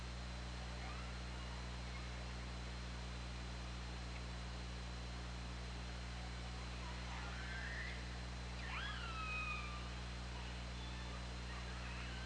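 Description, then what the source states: Killer whale calls, two or three sharply bending harmonic squeals late, preceded by faint whistles, over steady hum and hiss. Underwater hydrophone at OrcaLab, 24 August 2017, 20:45:57.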